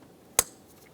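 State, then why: Seated. The wiring harness electrical connector is pushed onto the idle air control valve of a 2002-2005 Ford Explorer, and a single sharp, bright click is heard at 0.4 s against an otherwise quiet background. The connector latches and is seated, then tugged to check that it is secure.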